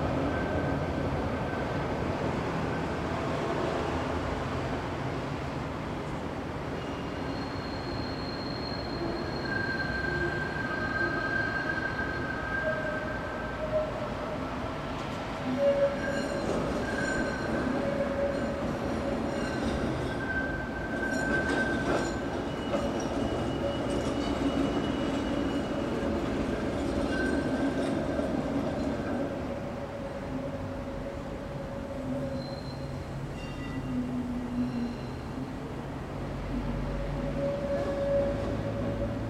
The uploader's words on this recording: Trains, Trams And Automobiles. Recorded around 8:30AM near the Rijswijkseplein, The Hague. At this place you can hear a never ending stream of traffic sounds.